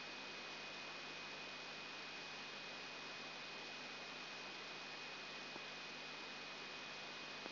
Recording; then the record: brain microelectrode recording played as sound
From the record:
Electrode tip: outside the subthalamic nucleus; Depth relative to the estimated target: -4 mm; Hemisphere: left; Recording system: AlphaMap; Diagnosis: Parkinson's disease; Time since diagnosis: 8 years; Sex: female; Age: 37 years